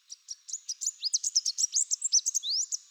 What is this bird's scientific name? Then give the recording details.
Basileuterus delattrii. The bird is a male. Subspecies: delattrii. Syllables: 19. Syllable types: 15. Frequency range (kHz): 3.4-8.6 kHz. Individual CR-BBGS-M